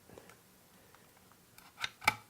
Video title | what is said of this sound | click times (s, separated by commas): Speed Up Mac: SSD Hard Drive, Keep it Cool and More Tips to Speed Up Mac | there snaps right in perfect | 2.1 s